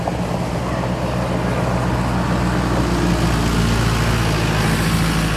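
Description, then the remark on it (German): A vehicle engine idles steadily on a dusty meadow with a deep, rumbling low hum and constant exhaust noise, soot flakes falling from the exhaust, unchanging throughout with no voices. “Die Rußflocken fallen aus dem Auspuff. Das ist Atmo.”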